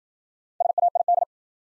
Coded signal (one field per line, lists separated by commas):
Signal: Morse code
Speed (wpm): 53 wpm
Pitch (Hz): 700 Hz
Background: none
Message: SAID